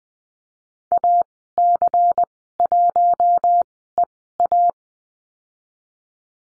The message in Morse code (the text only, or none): AC1EA